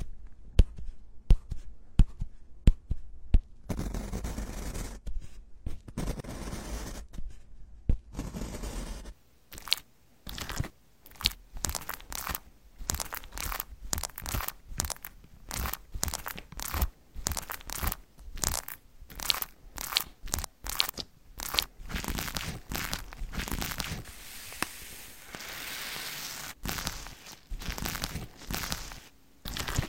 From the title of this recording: tapping the water flow, smearing and tearing massage